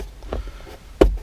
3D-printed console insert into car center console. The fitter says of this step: uh so the first one I got is going to click right in like so